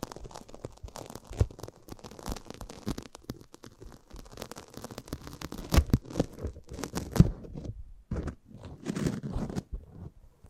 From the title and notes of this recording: ASMR Close Up Mic Treatment Tingle Galore (No Talking).